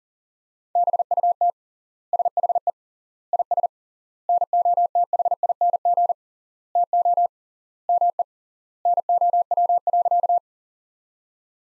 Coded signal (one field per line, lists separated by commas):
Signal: Morse code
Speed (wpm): 40 wpm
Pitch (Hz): 700 Hz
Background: none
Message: BUT SHE IS NOTHING TO ME NOW.